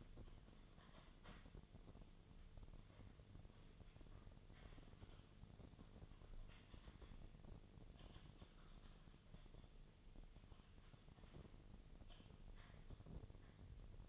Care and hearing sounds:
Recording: daily activity, microphone in the room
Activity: typing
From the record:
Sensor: 4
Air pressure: 1010.3 hPa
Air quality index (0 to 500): 179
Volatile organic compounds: 5 ppm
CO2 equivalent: 1818 ppm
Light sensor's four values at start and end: 32/95/37/37 and 32/95/37/37

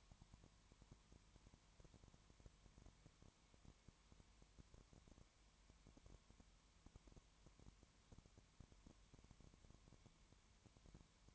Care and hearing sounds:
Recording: daily activity, microphone in the room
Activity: no activity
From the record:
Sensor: 3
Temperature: 20.1 degrees Celsius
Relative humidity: 31.4%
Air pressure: 1001.3 hPa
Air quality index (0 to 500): 74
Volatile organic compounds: 1 ppm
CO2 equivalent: 696 ppm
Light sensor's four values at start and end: 2/3/2/2 and 2/3/2/2

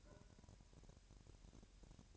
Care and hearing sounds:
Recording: daily activity, microphone in the room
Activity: take from stove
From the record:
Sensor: 2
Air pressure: 1011.9 hPa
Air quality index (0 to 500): 186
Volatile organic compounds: 3 ppm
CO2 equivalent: 1323 ppm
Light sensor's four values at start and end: 78/185/76/74 and 78/185/76/74

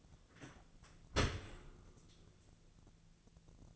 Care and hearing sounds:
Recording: daily activity, microphone in the room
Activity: open dishwasher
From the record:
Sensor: 4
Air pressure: 1001.2 hPa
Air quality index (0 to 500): 182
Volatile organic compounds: 2 ppm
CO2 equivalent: 1294 ppm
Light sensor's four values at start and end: 12/27/11/12 and 12/27/11/11

